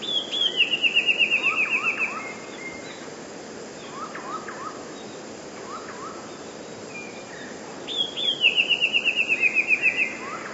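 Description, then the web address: Eurasian blue tit sings two rapid descending trills, about eight seconds apart. Quieter chirping notes fill the gap, with a steady soft hiss. "wroblowe teka 2 spiew 3. modraszkoteka"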